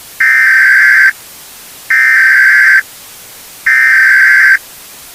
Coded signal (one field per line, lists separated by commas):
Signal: Emergency Alert System (SAME) tones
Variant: header bursts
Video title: EAS Scenario Part 1 - The Prion